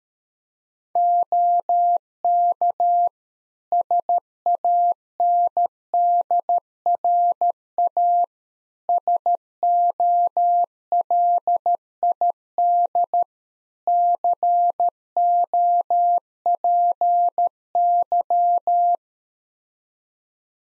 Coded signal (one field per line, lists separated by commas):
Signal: Morse code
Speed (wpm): 13 wpm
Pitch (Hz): 700 Hz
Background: none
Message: OK SANDRA SOLID COPY